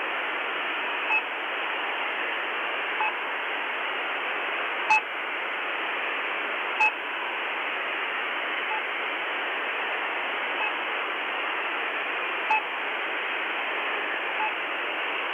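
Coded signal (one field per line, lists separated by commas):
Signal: channel marker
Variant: The Pip imitation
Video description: Likely to be a Russian radio pirate rather than a military channel marker, this is a particularly strong signal currently broadcasting constantly. The normal marker is very similar to the pip channel marker usually found on either 5448 kHz (day) or 3756 kHz (night).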